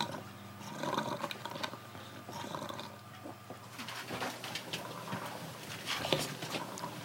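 Irregular low, wet rattling breaths of a dying man with terminal cancer in his final minute of life: a death rattle from saliva pooling at the back of the throat because he can no longer swallow.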